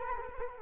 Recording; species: mosquito wingbeat signal from an infrared sensor; Culex quinquefasciatus